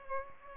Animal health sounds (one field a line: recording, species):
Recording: mosquito wingbeat signal from an infrared sensor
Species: Culex pipiens